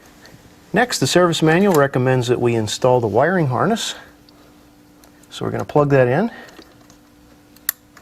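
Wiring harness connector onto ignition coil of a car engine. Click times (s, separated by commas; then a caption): 7.7 s. Someone talks while the wiring harness connector is pushed onto the ignition coil of a BMW i8 engine during spark plug replacement. A single loud, sharp click at 7.7 s shows the connector seated, before the gray locking block is pressed.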